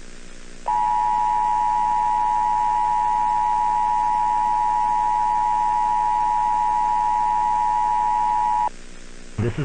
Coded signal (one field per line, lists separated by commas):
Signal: Emergency Alert System (SAME) tones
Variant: 853 and 960 Hz attention tone